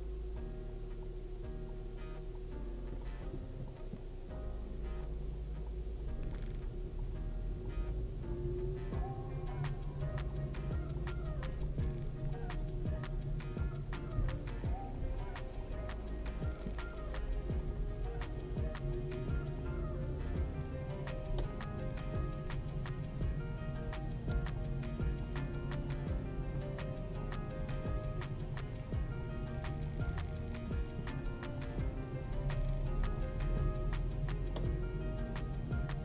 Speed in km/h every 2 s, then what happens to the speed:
0, 0, 0, 5, 13, 16, 16, 11, 7, 11, 17, 19, 20, 18, 13, 8, 14, 17.
0-5 standing. 5-9 pulls away to 16. 12-15 slows to 7. 17-23 speeds up to 20. 25-29 slows to 8.